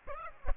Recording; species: mosquito wingbeat signal from an infrared sensor; Aedes aegypti